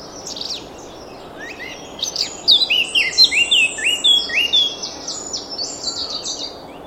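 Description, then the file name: Eurasian blackcap singing: a brief twitter, a pause, then a lively stream of clear whistled and warbled notes for several seconds. "Sylvia atricapilla"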